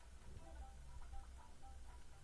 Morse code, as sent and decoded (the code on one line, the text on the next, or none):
none